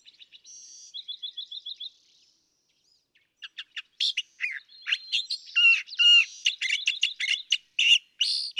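California thrasher song: a short trilled series, a pause, then energetic, varied phrases of scratchy notes and sliding whistles.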